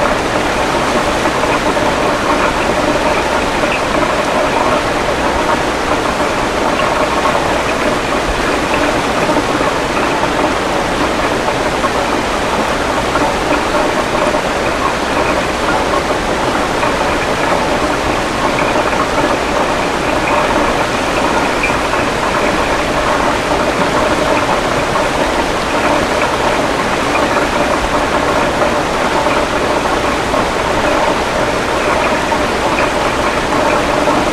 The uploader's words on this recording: Spokane River white noise. Recordings of the Spokane River made from this footbridge by Dan Bodah in August 2003.